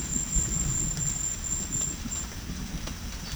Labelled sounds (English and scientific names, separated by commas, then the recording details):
none
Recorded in secondary vegetation near Puerto Asís, Putumayo, Colombia, on 24 June 2025 at 17:30
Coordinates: 0.500, -76.326
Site GP08